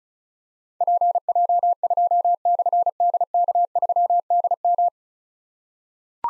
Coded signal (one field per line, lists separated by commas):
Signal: Morse code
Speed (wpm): 36 wpm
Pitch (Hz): 700 Hz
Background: none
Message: PJ2/DK3DM